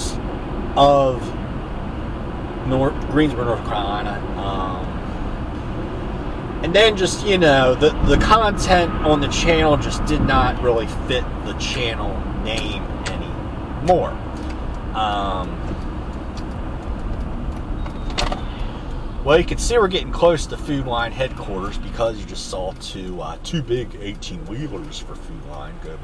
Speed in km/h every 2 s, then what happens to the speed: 85, 87, 87, 85, 85, 82, 79, 77, 63, 42, 26, 15, 8.
0-8 steady at about 85. 8-26 brakes to 8.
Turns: none.